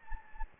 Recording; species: mosquito wingbeat signal from an infrared sensor; Anopheles gambiae